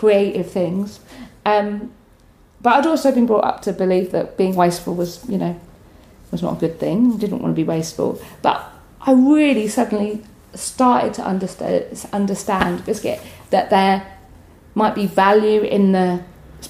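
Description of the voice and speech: An adult woman with Tourette's speaks fluently in a quiet room, with one unrelated word, "biscuit", suddenly inserted mid-sentence. This out-of-context word is a simple vocal tic of Tourette syndrome. Her surrounding speech flows normally.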